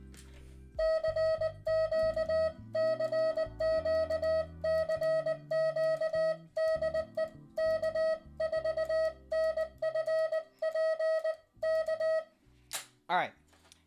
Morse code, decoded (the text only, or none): CQ CQ CQ DE K4NFP K E